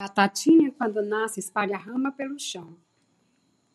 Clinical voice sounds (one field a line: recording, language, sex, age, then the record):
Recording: short text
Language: Brazilian Portuguese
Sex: female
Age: 20 to 29 years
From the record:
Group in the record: control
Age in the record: 24 years